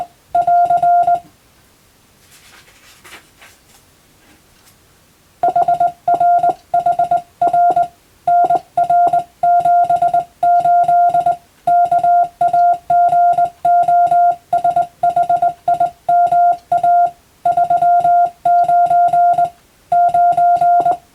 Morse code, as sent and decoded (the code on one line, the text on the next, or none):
.-.-. / .... .-. .... .-. / -. .-. --... ---.. / -.- .- --. --- ... .... .. -- .- / ...-- ----. / ----.
<AR> HRHR NR78 KAGOSHIMA 39 9